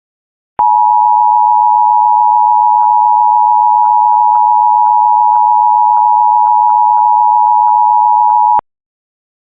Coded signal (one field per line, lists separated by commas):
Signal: Emergency Alert System (SAME) tones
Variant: 853 and 960 Hz attention tone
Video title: Week of 2026-04-19 EAS Capture 793-799 RMT RWT